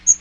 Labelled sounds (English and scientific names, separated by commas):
Magnolia Warbler (Setophaga magnolia) flight call